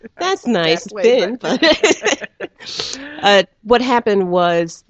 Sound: laughs